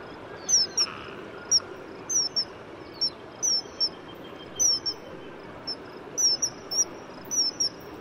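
Common kingfisher giving sharp, thin high whistles, short falling notes, often in quick pairs, repeated irregularly over a steady low background hiss.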